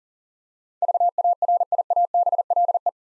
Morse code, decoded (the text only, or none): VARIABLE